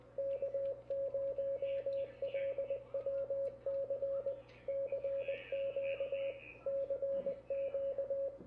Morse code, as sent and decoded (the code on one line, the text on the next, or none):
-.- ----- .-.. .-- -.-. / -.-. --.- / -.-. --.-
K0LWC CQ CQ